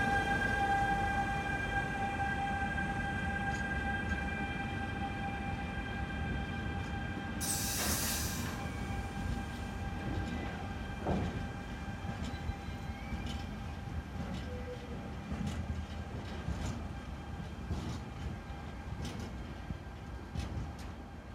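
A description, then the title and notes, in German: A container train rumbles past steadily with a dense low roar, a sustained whine, scattered clanks, and a sharp hissing burst near eight seconds. RailPool BLS Containerzug mit MizzeKatze.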